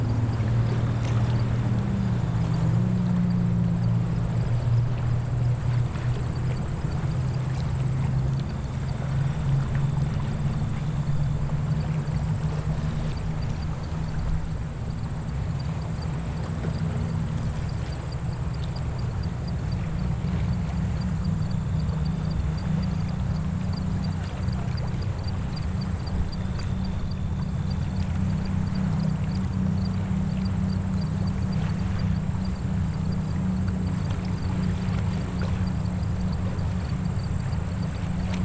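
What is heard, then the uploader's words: A steady low engine drone, likely a boat motor, hums across the lake, with faint lapping water and a high hiss throughout. A Day On The Lake. Water and nature sounds.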